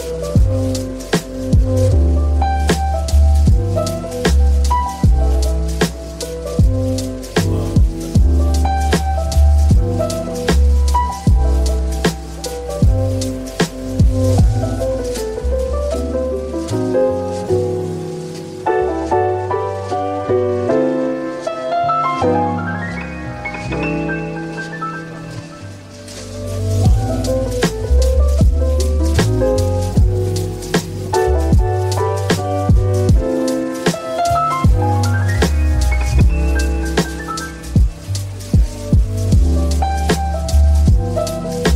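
Relaxed coffee shop music plays throughout, with a steady bass line, warm chords and a light, regular beat. Around the middle the bass drops out briefly while a higher melody rises, then the full groove returns and continues to the end.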